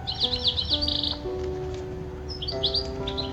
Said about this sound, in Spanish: Un pajarito.